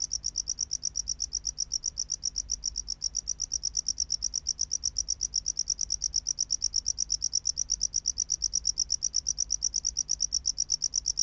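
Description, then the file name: Tropical house cricket song: a steady, high-pitched stream of short chirps, several per second, running without a break over a faint low hum. "Bio Acoustica Gryllodes sigillatus"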